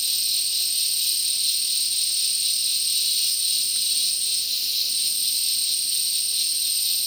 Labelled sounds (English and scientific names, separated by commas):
none